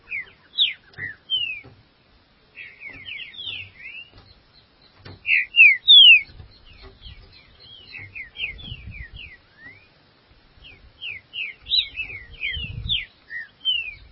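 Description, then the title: Green-winged Saltator singing a long, varied series of sharp whistled slurs and short notes, loud in the middle and again near the end, over faint low rumbling. "Trinca Ferro"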